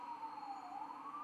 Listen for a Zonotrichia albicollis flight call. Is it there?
no